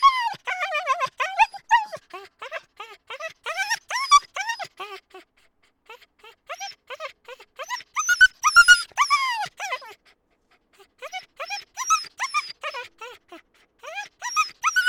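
Dogs yelping in fast bursts of high, falling yips and whines, separated by short pauses.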